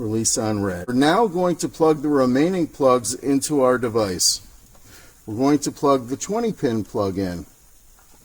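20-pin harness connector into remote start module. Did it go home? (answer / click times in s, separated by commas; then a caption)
no / none. Someone talks while handling the 20-pin plastic harness connector to be plugged into a plug-and-play remote start module for a 2007–2011 Toyota Camry with a standard key. Nothing has seated or clicked yet; the clip ends before the connector goes home.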